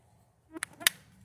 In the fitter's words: you hear that snap that snap that button to pop up so now you